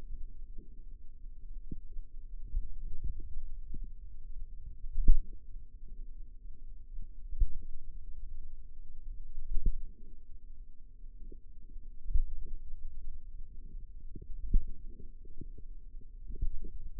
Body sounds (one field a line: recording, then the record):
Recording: forearm muscle sounds (acoustic myography)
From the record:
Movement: finger pinch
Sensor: system 2, bracelet of six BSWA MPA416 microphones around the upper forearm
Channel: 3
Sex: female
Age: 22 years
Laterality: right